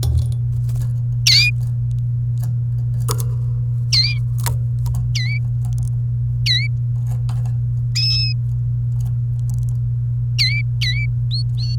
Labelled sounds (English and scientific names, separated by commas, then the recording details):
Domestic Canary (Serinus canaria) song
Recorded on 29 April 2018 at 17:07
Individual llb3